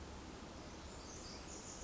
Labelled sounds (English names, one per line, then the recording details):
Pacific Wren
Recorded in Sonoma County, California